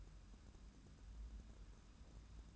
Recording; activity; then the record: daily activity, microphone in the room; take from stove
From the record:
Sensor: 2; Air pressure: 994.3 hPa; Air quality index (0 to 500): 218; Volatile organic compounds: 1000 ppm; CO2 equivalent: 7219 ppm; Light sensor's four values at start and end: 137/327/138/143 and 137/327/138/143